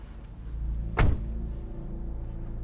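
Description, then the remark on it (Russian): A car door shuts with a single solid thump about a second in as Gleb gets into a car where Stas is already at the wheel, set against a steady low rumble that continues throughout, with no voices. “Глеб садится в машину, где за рулем уже сидит Стас.”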